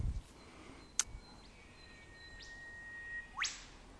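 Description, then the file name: Whipbird call: a sustained thin whistle followed by a loud upward whip-crack near the end, with a click early on. "whipbird boo"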